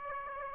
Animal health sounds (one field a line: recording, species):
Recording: mosquito wingbeat signal from an infrared sensor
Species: Aedes aegypti